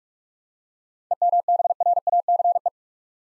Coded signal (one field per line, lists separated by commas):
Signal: Morse code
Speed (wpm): 44 wpm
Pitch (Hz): 700 Hz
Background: none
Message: EMBRACE